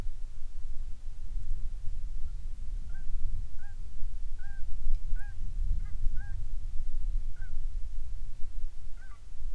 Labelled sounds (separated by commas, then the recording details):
waterfowl
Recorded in the Prudhoe Bay oil fields, Alaska, on 12 May 2019 at 07:32
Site 21